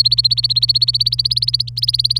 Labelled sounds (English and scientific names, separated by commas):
Domestic Canary (Serinus canaria) song